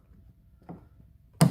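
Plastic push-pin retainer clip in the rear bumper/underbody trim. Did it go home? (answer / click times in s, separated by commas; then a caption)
released / 1.4 s. A flathead or trim tool pushes the center pin of a plastic push-type retainer clip in the rear bumper/underbody trim of a Subaru Outback Wilderness, releasing the clip so the panel can be removed for a hitch install. After quiet handling and a soft tap at 0.7 s, the pin pops in with a sharp, loud click at 1.4 s, and the clip is released.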